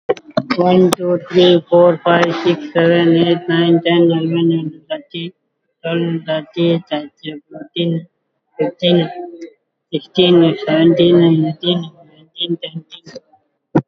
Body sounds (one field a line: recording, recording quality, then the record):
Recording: counting at a fast pace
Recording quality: moderate, slight background noise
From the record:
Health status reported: COVID-19 positive, mild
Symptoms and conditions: cough, cold, breathing difficulty, fever, fatigue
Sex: male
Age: 39 years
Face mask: not worn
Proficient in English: no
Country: India